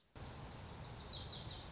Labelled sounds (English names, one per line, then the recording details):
Lazuli Bunting
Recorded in Sonoma County, California